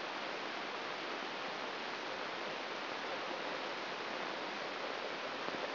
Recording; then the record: brain microelectrode recording played as sound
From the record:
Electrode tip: outside the subthalamic nucleus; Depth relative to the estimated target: 5 mm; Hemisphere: right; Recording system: AlphaMap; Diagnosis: Parkinson's disease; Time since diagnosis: 11 years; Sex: male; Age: 66 years